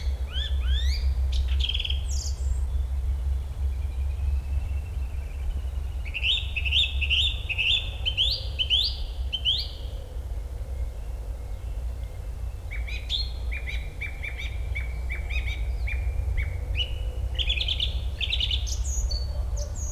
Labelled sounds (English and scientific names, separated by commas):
Song Thrush (Turdus philomelos) song